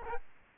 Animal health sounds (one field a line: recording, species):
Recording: mosquito wingbeat signal from an infrared sensor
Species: Aedes albopictus